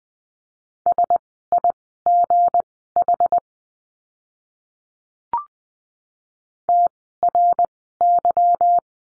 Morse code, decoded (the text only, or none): SIGH TRY